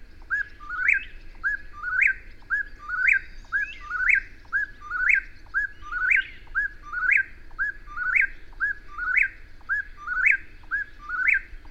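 Bird giving a steady series of quick rising whistled notes, close to one per second, while softer twittering and a low hum continue behind.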